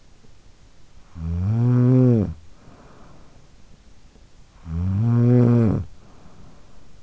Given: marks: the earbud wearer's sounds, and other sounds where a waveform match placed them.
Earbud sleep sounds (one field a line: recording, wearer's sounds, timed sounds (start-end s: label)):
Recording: sounds in sleep by an in-ear microphone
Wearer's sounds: snoring breath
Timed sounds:
0.53-3.78 s: snoring breath
4.29-7.02 s: snoring breath